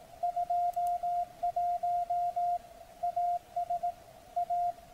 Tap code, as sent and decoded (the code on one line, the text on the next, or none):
none